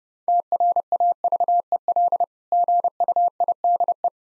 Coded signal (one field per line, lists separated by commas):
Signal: Morse code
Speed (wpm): 30 wpm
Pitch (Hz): 700 Hz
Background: none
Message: TRAVEL GUIDE